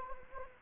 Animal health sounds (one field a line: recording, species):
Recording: mosquito wingbeat signal from an infrared sensor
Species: Anopheles gambiae